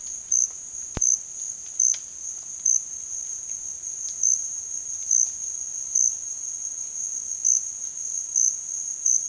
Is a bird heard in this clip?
no